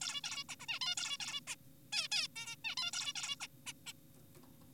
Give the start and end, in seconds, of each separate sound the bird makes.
0.02-0.21, 0.24-0.44, 0.49-0.56, 0.60-0.66, 0.68-0.79, 0.81-0.95, 0.98-1.17, 1.20-1.40, 1.48-1.56, 1.93-2.08, 2.12-2.28, 2.36-2.56, 2.65-2.75, 2.77-2.91, 2.93-3.13, 3.16-3.36, 3.40-3.47, 3.66-3.73, 3.86-3.93